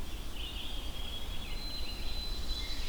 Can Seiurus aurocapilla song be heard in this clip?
no